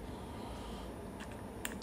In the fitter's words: tapos pag nag-click ayan Okay na yan naka-lock na yang battery